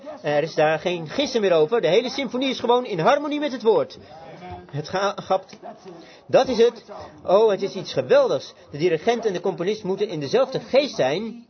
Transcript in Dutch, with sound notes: Er is daar dan geen gissen meer over, de gehele symfonie is gewoon in harmonie met het Woord. Het gaat... [Broeder Branham klapt drie keer in zijn handen – Vert] Dat is het. O, het is iets geweldigs. De dirigent en de Componist moeten in dezelfde Geest zijn